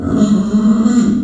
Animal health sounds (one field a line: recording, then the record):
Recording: squeal of a Yucatan mini pig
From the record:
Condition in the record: after surgery on the right vocal fold (resection and tissue-engineered implant)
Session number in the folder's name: 5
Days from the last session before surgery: 33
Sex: female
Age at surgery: 19 weeks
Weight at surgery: 25 kg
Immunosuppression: prednisolone